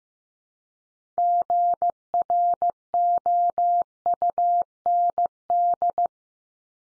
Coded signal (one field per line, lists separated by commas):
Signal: Morse code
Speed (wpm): 15 wpm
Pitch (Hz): 700 Hz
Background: none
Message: GROUND